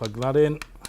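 Someone talks while a Harley-Davidson's wiring harness plug is handled at the receptacle on the back of its combined speedometer/tachometer during a gauge upgrade, with a few brief handling ticks near the end. The connector has not locked in yet; nothing has seated or clicked.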